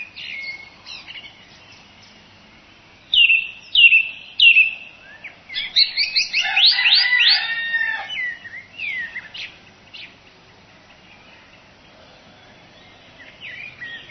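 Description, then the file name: Song thrush song: a phrase repeated three times, then a loud dense twittering burst, followed by quieter varied notes and pauses. "zanglijster"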